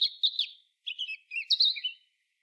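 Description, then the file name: European robin singing a short warbled phrase of high, wavering whistles that wobble up and down, broken by brief gaps. "Erithacus rubecula"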